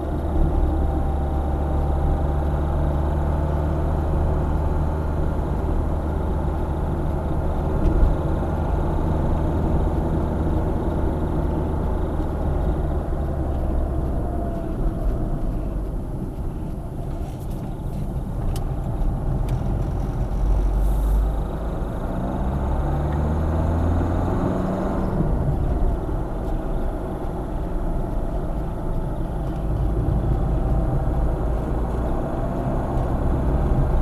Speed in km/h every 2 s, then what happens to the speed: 52, 55, 54, 56, 56, 53, 37, 20, 16, 22, 35, 43, 42, 38, 35, 46, 53.
0-9 steady at about 55. 9-16 brakes to 16. 16-24 speeds up to 42. 24-28 slows to 35. 28-34 speeds up to 53.